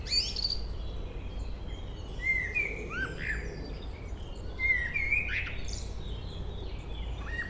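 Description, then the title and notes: Common blackbird singing short mellow whistled phrases spaced a few seconds apart, each trailing into faint high twittering, over constant low background hum. Local bird singing at Chemin des cris, Chindrieux, France. "Chemin des cris, 73310 Chindrieux, France - Merle. Un beau chant de merle local"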